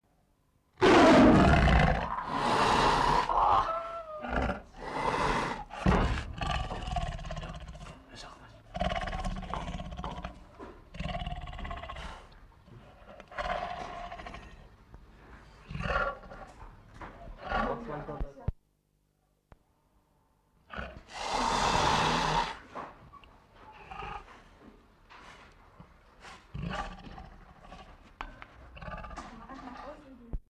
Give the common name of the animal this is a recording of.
Tiger